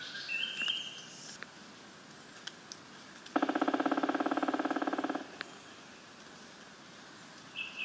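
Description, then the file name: Black woodpecker drumming, a steady rapid roll of about two seconds. Brief high bird notes come before and after it. "Schwarzspecht mospa"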